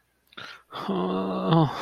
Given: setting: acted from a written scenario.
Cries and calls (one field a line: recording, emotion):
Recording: vocal sound without words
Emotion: distress